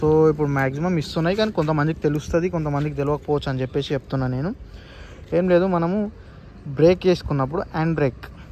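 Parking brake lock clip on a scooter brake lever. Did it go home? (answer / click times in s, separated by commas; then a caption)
no / none. A TVS Ntorq Race Edition BS7 2024 scooter has a parking brake lock clip on its brake lever, which is being handled so the lock latches. Someone talks throughout, with a short pause near the middle. The clip ends before the lock goes home, and nothing has seated or clicked yet.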